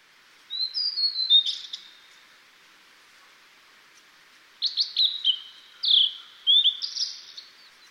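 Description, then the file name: Blue-and-white flycatcher singing sweet, slurred whistled phrases: a short one, then after a few seconds of quiet a longer, broken series. "ooruri"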